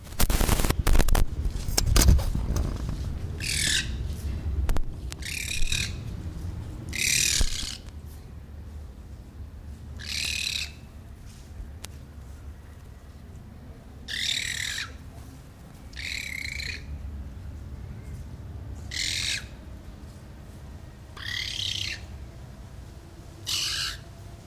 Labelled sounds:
Common Raven call
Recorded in captivity
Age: adult
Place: Zoo Berlin, Berlin, DE
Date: 1998-10-17 10:55
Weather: fair, 14°C
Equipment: Sony MD-WM MZ-R3, Sennheiser MKH 416 T, Kopie Uher 4000 Report Monitor
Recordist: Tembrock, Günter

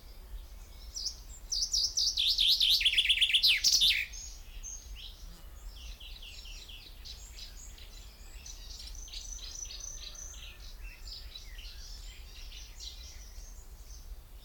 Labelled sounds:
Common Chaffinch
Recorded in the wild
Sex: male
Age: adult
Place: Kremmen, Brandenburg, DE
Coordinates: 52.76, 13.03
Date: 1995-06-03 11:58
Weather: heiter, 18°C
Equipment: Marantz CP 430, Sennheiser ME 80, Kopie Uher 4000 Report Monitor
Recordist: Tembrock, Günter

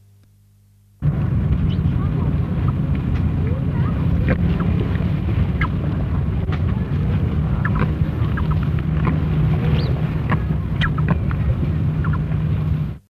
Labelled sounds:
Falkland Steamer Duck call
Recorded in captivity
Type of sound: call
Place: Zoo Duisburg, Nordrhein-Westfalen, DE
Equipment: Halbspur, 9,5 cm/s
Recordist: Lütgens, Hans
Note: Rufe

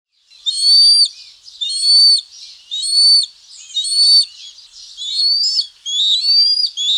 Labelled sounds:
Bald Eagle
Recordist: Tembrock, Günter

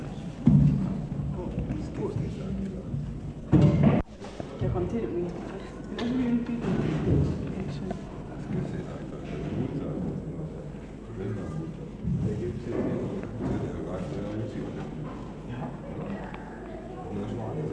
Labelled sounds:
Chimpanzee call
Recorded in captivity
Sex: male
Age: juvenile
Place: Tierpark Berlin, Berlin, DE
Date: 1965-08-30 15:00
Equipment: R 21, Dynamisches Mikro 21a
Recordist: unbekannt, keine Angabe

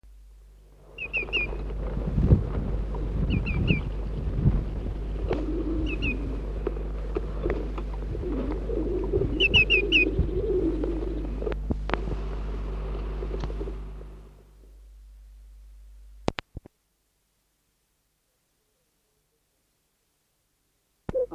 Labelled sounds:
Common Redshank call
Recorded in the wild
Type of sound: call
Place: Peipus-See, Tartu, EE
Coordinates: 58.7, 27.1333
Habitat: lake
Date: 1967-08-18
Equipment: Tesla Uran
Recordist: Jung, Norbert
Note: Peipus-See (Westufer): Rufe - wohl im Flug

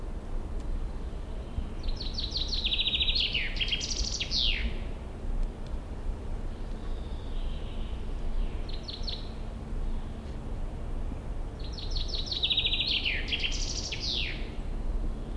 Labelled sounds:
Common Chaffinch song
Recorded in the wild
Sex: male
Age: adult
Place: Runding, Bayrischer Wald, Bayern, DE
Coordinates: 49.2181, 12.8008
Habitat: forest
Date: 2004-06-30
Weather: fair, 15°C, light to moderate winds
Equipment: Tascam DA-P1, Sennheiser MKH 70, Windkorb
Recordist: Frommolt, Karl-Heinz

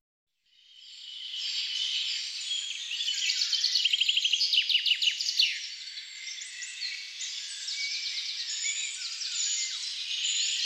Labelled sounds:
Common Chaffinch song
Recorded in the wild
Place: Waltershofen / Freiburg im Breisgau, Baden-Württemberg, DE
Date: 1996-05-26
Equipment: Dat-Recorder Casio DA 7, Telinga DAT, Telinga-Parabolspiegel
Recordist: Schwarz, Dieter
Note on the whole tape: Song

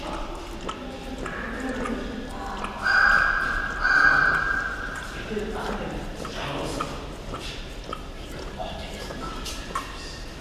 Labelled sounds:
Tiger
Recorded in captivity
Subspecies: altaica
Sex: female
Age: adult
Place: Tierpark Berlin, Berlin, DE
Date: 1974-01-13
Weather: sunny, ca. 5°C
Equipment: Uher 4200 Report Stereo, Sennheiser MD 421, Verstärker
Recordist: Tembrock, Günter

